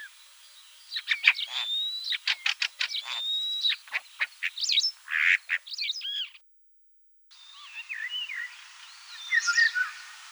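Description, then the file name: Common starling song: a run of sharp clicks and short whistles with a long level whistle, a brief silence, then squeaky rising and falling whistles. "Sturnus vulgaris"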